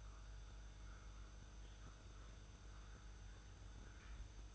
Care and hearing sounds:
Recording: daily activity, microphone in the room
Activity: make coffee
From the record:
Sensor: 2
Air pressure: 995.0 hPa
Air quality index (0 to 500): 52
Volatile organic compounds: 1 ppm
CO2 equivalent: 838 ppm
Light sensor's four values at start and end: 15/51/20/19 and 15/51/20/19

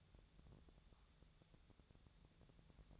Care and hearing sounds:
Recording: daily activity, microphone in the room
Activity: take from stove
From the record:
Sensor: 3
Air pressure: 999.3 hPa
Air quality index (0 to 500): 198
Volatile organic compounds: 45 ppm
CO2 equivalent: 3226 ppm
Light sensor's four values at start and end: 7/17/7/6 and 7/17/7/7

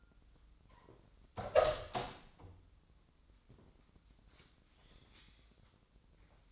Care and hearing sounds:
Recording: daily activity, microphone in the room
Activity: open door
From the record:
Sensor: 3

